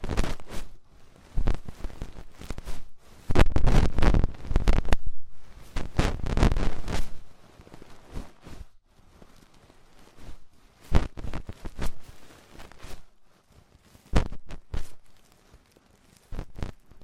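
Crisp crackling and scratching from ear cleaning and clay removal, made of sharp clicks and rustles. The sound comes in dense, louder clusters around four to seven seconds, then thins to scattered single taps and short scrapes separated by near-silence.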